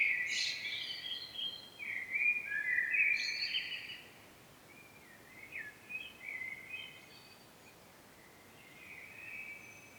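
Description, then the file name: Common blackbird song opening with a loud warbled phrase and high squeaky notes, followed by softer scattered fragments and quiet background hiss. "Turdus merula"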